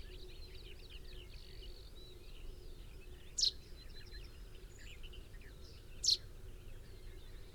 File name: Fringilla coelebs 180719